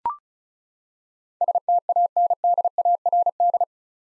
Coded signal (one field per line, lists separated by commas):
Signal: Morse code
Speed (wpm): 34 wpm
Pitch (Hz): 700 Hz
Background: none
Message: STANDARD